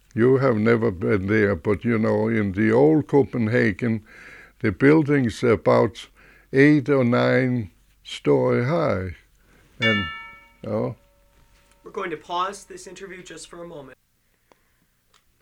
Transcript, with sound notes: you have never been there but, you know, in the old Copenhagen the building's about eight or nine stories high. ( a bell rings )
We're going to pause this interview just for a moment. ( break in tape ) Okay.